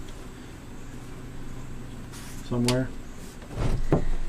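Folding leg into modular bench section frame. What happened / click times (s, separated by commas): The leg is being handled but has not locked home yet / none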